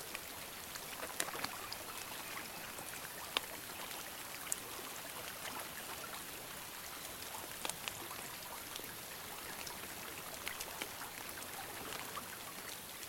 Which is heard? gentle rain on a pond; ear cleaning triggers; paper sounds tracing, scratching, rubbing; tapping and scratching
gentle rain on a pond